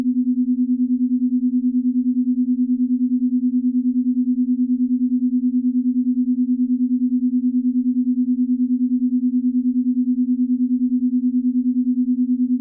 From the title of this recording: 10 Hz _ 9 Hz_ 8 Hz Pure Alpha Waves Binaural Beats